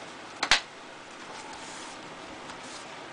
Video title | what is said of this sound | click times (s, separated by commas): Keyboard Replacement: The Right Way | and you should hear it snap back together | 0.4 s, 0.5 s